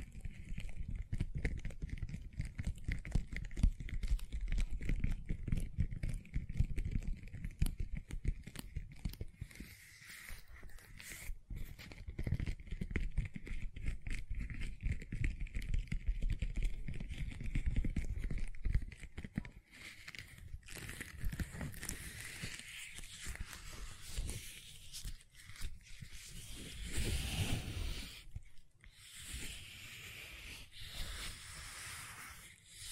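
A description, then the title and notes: Gentle silicone sounds form a dense, crackly rustle over a low rumble, turning brighter and airier after twenty seconds, with brief pauses. ASMR Gentle Silicon Sounds for Sleep (No Talking).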